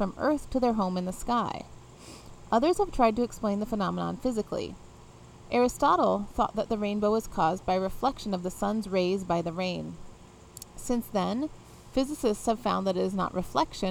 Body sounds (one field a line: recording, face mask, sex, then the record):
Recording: reading aloud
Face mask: none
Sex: female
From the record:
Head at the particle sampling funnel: facing it